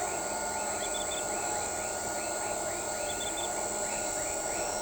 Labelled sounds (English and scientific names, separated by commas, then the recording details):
none
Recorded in shrubland near Pivijay, Magdalena, Colombia, on 15 April 2023 at 01:30
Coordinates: 10.453, -74.365
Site P5-G022